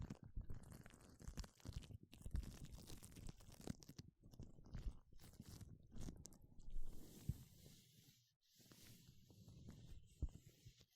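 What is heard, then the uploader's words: Gloves being handled, with dense crinkly rubbing and crunching that comes in bursts, pausing briefly near 4 and 8 seconds. The texture shifts partway through, turning hissier and brighter after about 6 seconds, with soft thumps and scrapes throughout. 5 different GLOVES Sounds. (No Talking).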